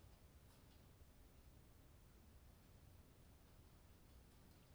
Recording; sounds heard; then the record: poultry house recording; no chicken sound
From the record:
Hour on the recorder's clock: 21